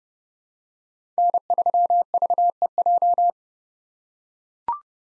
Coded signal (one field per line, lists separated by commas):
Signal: Morse code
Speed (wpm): 31 wpm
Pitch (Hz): 700 Hz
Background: none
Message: N3VEJ